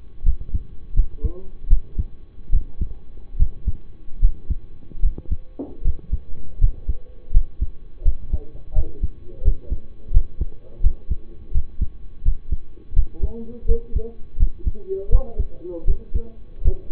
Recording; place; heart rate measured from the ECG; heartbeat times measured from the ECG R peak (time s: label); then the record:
heart sounds by stethoscope; between the tricuspid and mitral areas; 81 bpm
0.23 s: heartbeat
0.94 s: heartbeat
1.68 s: heartbeat
2.50 s: heartbeat
3.37 s: heartbeat
4.19 s: heartbeat
5.00 s: heartbeat
5.82 s: heartbeat
6.58 s: heartbeat
7.31 s: heartbeat
8.02 s: heartbeat
8.73 s: heartbeat
9.42 s: heartbeat
10.11 s: heartbeat
10.81 s: heartbeat
11.52 s: heartbeat
12.22 s: heartbeat
12.93 s: heartbeat
13.66 s: heartbeat
14.37 s: heartbeat
15.09 s: heartbeat
15.85 s: heartbeat
16.62 s: heartbeat
From the record:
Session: rest, lying down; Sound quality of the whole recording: partially saturated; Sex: male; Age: 25 years